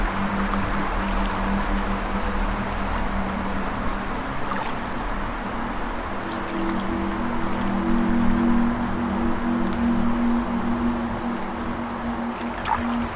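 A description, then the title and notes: A steady rushing wash like flowing water fills the scene, with a low sustained drone humming beneath and a few faint clicks near the end. Meditative Music and Nature Sounds.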